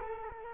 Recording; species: mosquito wingbeat signal from an infrared sensor; Culex quinquefasciatus